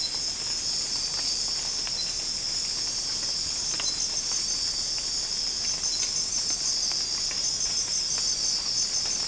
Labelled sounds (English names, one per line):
none